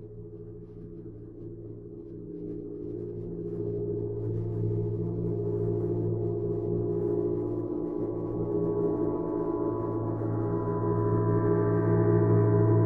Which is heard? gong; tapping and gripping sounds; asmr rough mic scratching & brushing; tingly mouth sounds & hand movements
gong